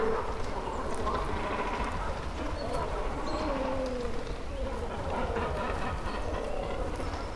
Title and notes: Zemitz, Deutschland - Kormorane brüten. breeding cormorants. Die Kormorane sitzen auf Ihren Nestern und flattern auf und ab